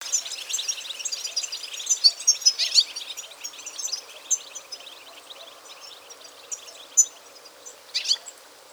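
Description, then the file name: European goldfinch calls, a dense burst of high tinkling, liquid twitters for about three seconds, then scattered short chirps and a few sharp notes near the end. "Carduelis carduelis"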